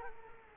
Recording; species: mosquito wingbeat signal from an infrared sensor; Culex quinquefasciatus